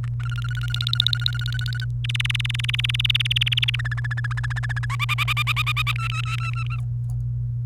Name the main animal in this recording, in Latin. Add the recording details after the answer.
Serinus canaria. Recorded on 28 April 2018 at 10:55. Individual llb3